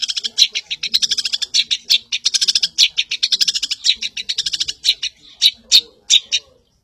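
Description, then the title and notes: Long-tailed Shrike song, a fast run of sharp, high chirping notes in dense bursts that thin out into spaced, emphatic chips toward the end. Varied songs used as masteran, song tutor material for training birds. "cendet. Bermacam macam suara kicauan burung Masteran"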